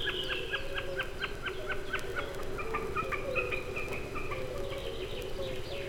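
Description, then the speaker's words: Common Snipe calling: a quick series of sharp, dry ticking notes for about two seconds, followed by clipped chattering notes, over a steady low hum. Giving its ticking 'tak-tak' call high in the blue sky. "Это высоко в голубом небе такует бекас."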